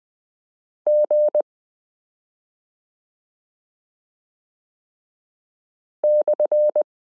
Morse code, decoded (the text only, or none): G/